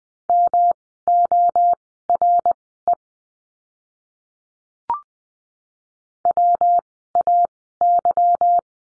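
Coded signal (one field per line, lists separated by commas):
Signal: Morse code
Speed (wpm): 20 wpm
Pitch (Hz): 700 Hz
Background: none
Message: MORE WAY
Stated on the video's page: Morse course lesson, words with letter Y, Farnsworth speed 20/10 wpm.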